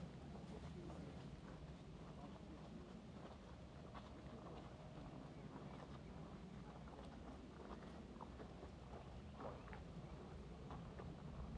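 Outdoors on a mountain hike, a steady low rumble of wind buffets the microphone throughout, thick in the bass. Faint, indistinct voices and small clicks or footfalls come and go over the roar, with a brief thin tone near the middle.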